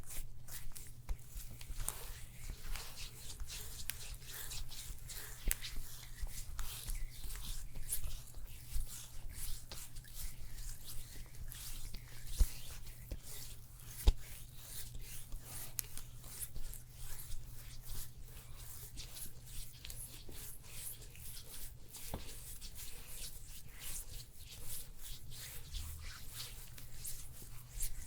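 A neck and shoulder massage with steady rubbing, soft squishing and dense crackly skin sounds over a constant low hum, with no talking.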